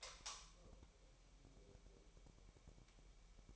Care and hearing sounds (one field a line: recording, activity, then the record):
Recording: daily activity, microphone in the room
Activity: light on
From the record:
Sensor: 1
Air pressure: 1002.0 hPa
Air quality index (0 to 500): 245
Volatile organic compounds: 49 ppm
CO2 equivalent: 3284 ppm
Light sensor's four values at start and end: 5/11/4/5 and 13/39/16/17